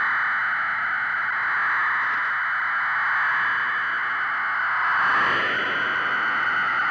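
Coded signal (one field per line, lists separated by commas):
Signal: fast PSK data mode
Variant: PSKR 1880 wpm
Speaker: finally we will take the pskr mode to its outer limits this is the ridiculously fast pskr 1880 words per minute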